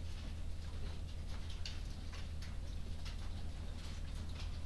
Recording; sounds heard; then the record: poultry house recording; no chicken sound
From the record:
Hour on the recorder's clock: 21